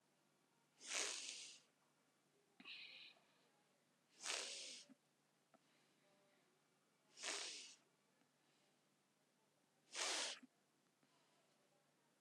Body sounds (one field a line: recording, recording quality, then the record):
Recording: deep breathing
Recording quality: excellent, no background noise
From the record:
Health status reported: healthy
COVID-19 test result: negative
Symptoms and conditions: none ticked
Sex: female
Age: 19 years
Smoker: not ticked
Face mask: worn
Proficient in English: yes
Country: India